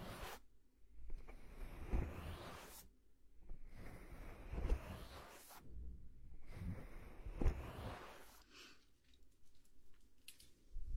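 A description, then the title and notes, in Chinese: A head and shoulder massage, heard as long rubbing and brushing strokes against skin and hair, each lasting one to two seconds and coming in a steady, repeating rhythm. The strokes carry a soft rustle with deeper thumps under them. Past eight seconds they ease into quieter, scattered rustles and light taps. 为弟弟做头部肩部按摩。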